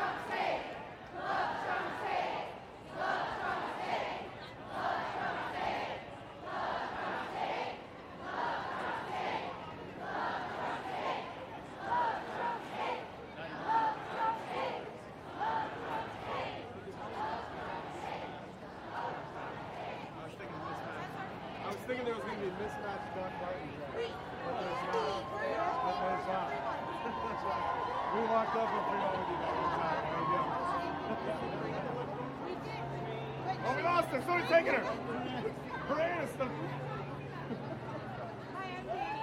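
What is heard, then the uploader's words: Voices at a women's march, with rhythmic bursts of chanting and speech repeating every second or so for the first twenty seconds. The chanting then gives way to a denser, overlapping crowd murmur outdoors, with a few louder shouts near the end. WOMXNS MARCH_raw_12 by Andy "soundeziner" Martin.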